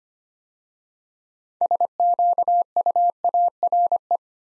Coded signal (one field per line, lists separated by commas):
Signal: Morse code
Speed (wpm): 25 wpm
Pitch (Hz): 700 Hz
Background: none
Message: SQUARE